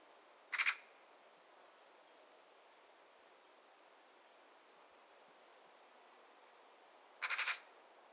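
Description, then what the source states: Magpie screech: two brief, harsh rattling bursts of rapid chattering notes, about seven seconds apart, with quiet between them. Magpie screeching from the top of a birch tree.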